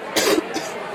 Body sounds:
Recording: coughing mixed with background sound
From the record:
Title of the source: 55 gaggy wet cough

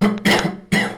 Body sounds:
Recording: coughing mixed with background sound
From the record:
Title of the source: Man Coughing Sound - Wet Cough Sound Effect

